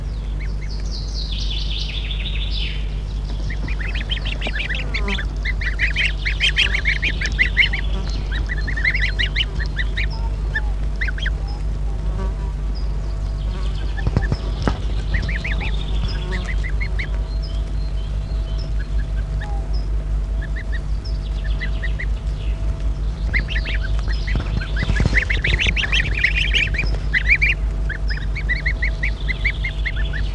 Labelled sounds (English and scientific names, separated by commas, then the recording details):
Greylag Goose (Anser anser) call
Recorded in the wild
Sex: group
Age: juvenile
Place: Petershain, Niederlausitz, Sachsen, DE
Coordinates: 51.3167, 14.7514
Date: 1963-06-10
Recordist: Meyer, Hugo